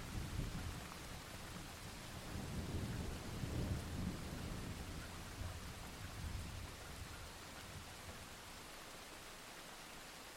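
Steady rain from a summer thunderstorm hisses evenly throughout, with a low rumble swelling between two and seven seconds before easing off.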